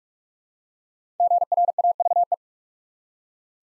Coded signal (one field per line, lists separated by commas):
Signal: Morse code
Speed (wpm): 44 wpm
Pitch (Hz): 700 Hz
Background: none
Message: GRAVE